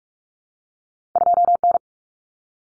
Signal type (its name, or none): Morse code